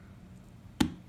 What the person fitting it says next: There we go. We got a nice audible click.